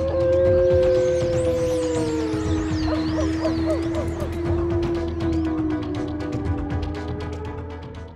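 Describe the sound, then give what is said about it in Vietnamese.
Several dogs in a village at night howl together in long, wavering, siren-like tones that rise and fall over each other, with sharper yips and barks scattered through the chorus. “Lũ chó đồng loạt tru dài từng hồi rợn người.”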